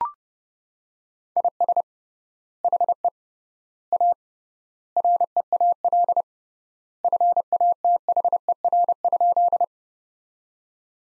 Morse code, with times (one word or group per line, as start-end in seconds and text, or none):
1.4-1.8 IS
2.6-3.1 HE
3.9-4.1 A
5.0-6.2 REAL
7.0-9.6 FATHER?